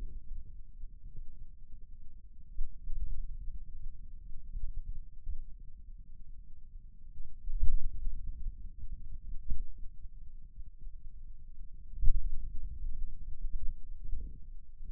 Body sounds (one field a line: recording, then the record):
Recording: forearm muscle sounds (acoustic myography)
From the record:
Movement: finger pinch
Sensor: system 2, bracelet of six BSWA MPA416 microphones around the upper forearm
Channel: 2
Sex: male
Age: 22 years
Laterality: right